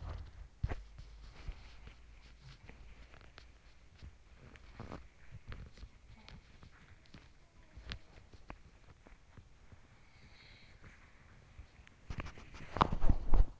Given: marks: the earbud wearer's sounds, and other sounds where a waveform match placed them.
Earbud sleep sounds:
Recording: sounds in sleep by an in-ear microphone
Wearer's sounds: body movement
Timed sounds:
0.00-13.60 s: body movement
0.78-3.57 s: sound from someone else or the room
4.64-8.26 s: sound from someone else or the room
9.65-12.50 s: sound from someone else or the room

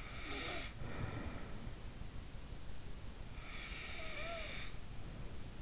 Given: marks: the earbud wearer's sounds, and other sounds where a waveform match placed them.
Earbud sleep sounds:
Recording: sounds in sleep by an in-ear microphone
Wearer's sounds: breath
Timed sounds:
0.08-2.65 s: breath
3.28-5.62 s: breath

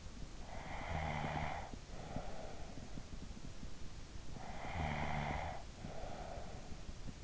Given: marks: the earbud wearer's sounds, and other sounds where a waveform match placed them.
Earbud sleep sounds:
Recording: sounds in sleep by an in-ear microphone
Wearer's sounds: snoring breath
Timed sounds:
0.11-3.21 s: snoring breath
3.85-7.24 s: snoring breath

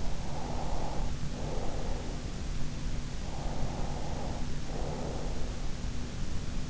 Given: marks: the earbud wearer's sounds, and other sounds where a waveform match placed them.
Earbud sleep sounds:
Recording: sounds in sleep by an in-ear microphone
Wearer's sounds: breath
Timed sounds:
0.00-2.18 s: breath
3.17-5.50 s: breath

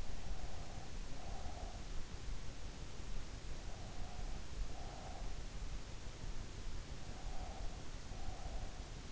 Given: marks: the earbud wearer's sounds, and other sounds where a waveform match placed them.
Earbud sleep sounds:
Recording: sounds in sleep by an in-ear microphone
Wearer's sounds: breath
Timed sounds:
0.00-1.98 s: breath
3.51-5.49 s: breath
6.79-9.10 s: breath

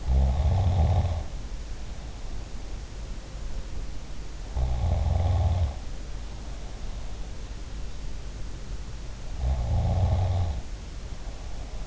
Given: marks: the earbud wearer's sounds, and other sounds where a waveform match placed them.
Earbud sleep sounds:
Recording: sounds in sleep by an in-ear microphone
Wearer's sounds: snoring breath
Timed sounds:
0.00-1.42 s: snoring breath
4.38-7.47 s: snoring breath
9.39-11.87 s: snoring breath

